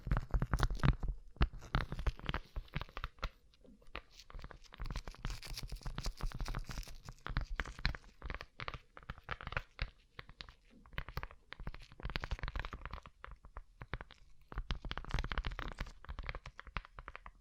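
Fingertips tap over a rhinestone-covered surface in quick, irregular clicks with a crisp, scratchy edge. A louder burst with low thumps opens the first second, then the tapping continues in busy clusters separated by brief quieter gaps, denser around the middle and end.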